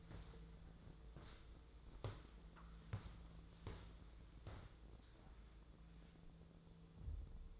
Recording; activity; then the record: daily activity, microphone in the room; walk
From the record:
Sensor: 3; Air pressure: 1005.4 hPa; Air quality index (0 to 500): 93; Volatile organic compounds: 3 ppm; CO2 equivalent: 1445 ppm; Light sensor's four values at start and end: 10/23/9/9 and 10/24/10/9